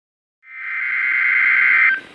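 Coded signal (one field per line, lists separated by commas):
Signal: Emergency Alert System (SAME) tones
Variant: header bursts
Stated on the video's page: Special Marine Warning, recorded on a Samsung Galaxy S III phone.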